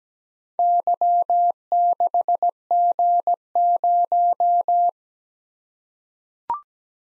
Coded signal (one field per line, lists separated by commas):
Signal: Morse code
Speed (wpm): 17 wpm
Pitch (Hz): 700 Hz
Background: none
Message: Y6G0